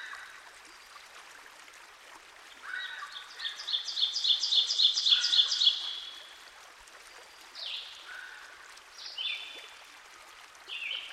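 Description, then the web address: Ovenbird song, a fast series of sharp two-note phrases rising in loudness for about three seconds, followed by other birds' slurred, descending whistles. Ovenbird singing by a stream. "Dan Gibson Songbirds By The Stream. Ovenbird"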